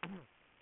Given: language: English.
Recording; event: throat vibration sensor signal played as sound; throat clearing